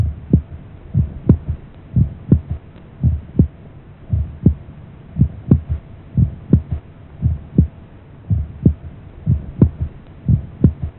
Physiological third heart sound.